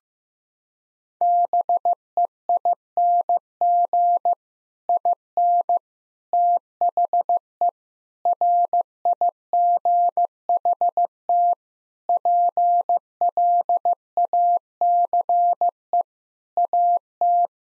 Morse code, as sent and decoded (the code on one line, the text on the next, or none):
-... . .. -. --. / .. -. / - .... . / .-. .. --. .... - / .--. .-.. .- -.-. . / .- -
BEING IN THE RIGHT PLACE AT